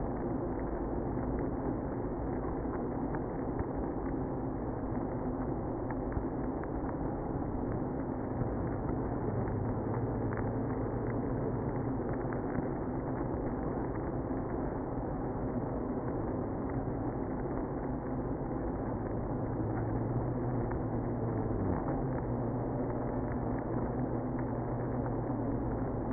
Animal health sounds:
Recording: honeybee colony, microphone inside the hive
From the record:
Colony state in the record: queenless (queen removed)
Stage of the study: after two queens were removed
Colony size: about 60,000 bees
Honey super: yes

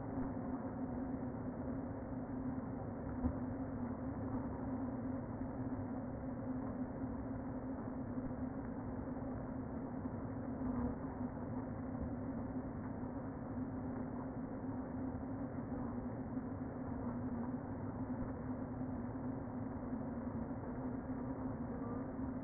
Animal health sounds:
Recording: honeybee colony, microphone inside the hive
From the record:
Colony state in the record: queen present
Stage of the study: before two queens were removed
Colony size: about 60,000 bees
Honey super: yes

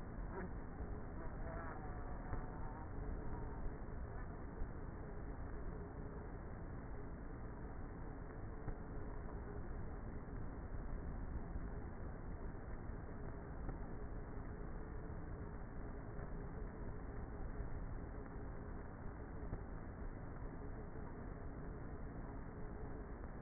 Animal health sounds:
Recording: honeybee colony, microphone inside the hive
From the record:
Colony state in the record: queenless with a low population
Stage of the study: before two queens were removed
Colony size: about 30,000 bees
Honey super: no

